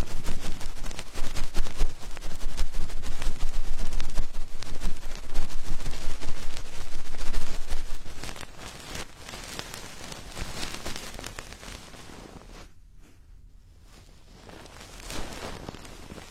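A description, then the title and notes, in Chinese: Ear cleaning, heard as dense, crackling scratches and rustles that fill the first eight seconds at a steady, busy pace. The scraping then grows softer and sparser, nearly stops for a moment around thirteen seconds, and returns briefly with a small burst near fifteen seconds. 掏耳朵。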